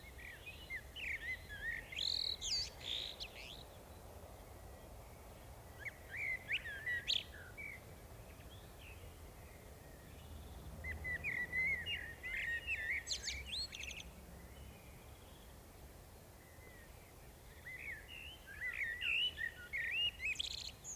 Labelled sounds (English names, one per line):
Common Blackbird song